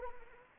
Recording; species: mosquito wingbeat signal from an infrared sensor; Anopheles arabiensis